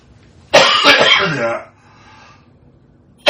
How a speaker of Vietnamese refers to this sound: Chứ không thôi nó trào ngược á. Nó trào ngược lên là nó ho.